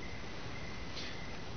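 A key pushed fully into a door lock cylinder is handled as it is about to be drawn back one notch, over a steady low background hiss with a faint high tone. A short brighter rustle comes near 1.0 s, and a single sharp hit lands right at the end, about 1.6 s. Nothing has seated or clicked into place yet.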